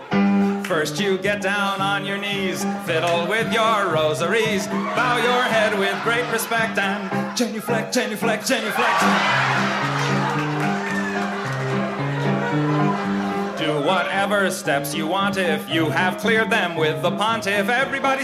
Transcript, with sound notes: First, you get down on your knees, fiddle with your rosaries, bow your head with great respect and genuflect, genuflect, genuflect.
(LAUGHTER)
(Singing) Do whatever steps you want if you have cleared them with the pontiff.